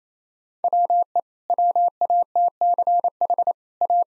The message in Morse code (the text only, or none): WE WATCH A